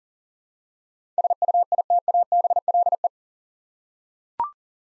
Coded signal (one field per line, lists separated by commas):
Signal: Morse code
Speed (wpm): 40 wpm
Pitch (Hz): 700 Hz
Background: none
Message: SUITABLE